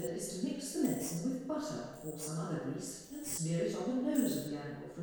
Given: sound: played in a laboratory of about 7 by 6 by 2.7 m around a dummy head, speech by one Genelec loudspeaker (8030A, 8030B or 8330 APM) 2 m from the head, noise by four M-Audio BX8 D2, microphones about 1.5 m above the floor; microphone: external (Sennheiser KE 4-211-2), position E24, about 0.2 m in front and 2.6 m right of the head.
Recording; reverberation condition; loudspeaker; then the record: female speech in English; high; 30 degrees to the right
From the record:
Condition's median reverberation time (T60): about 1300 ms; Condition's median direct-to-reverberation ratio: about -4.0 dB